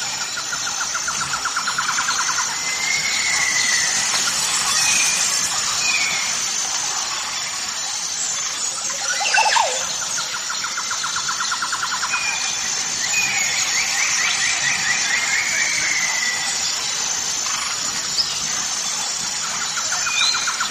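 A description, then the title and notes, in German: Several birds sing together in a dense, continuous chorus, with repeated trilled phrases and rising whistled notes overlapping throughout. A sharp, bright squeal cuts in briefly near the middle. A steady high hiss of insects or noise runs underneath the whole time. Harmonische Vogelsymphonie. Die einzigartigen Gesänge verschiedener Vogelarten verschmelzen zu einer beruhigenden Melodie.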